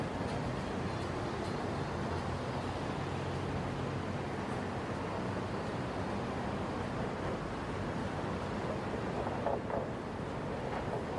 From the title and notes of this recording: Soundscape of Brooklyn Bridge in New York City. It was already after 10pm on Saturday night, but the traffic was still heavy on the bridge. In this recording, you can feel the summer night of Brooklyn, NY.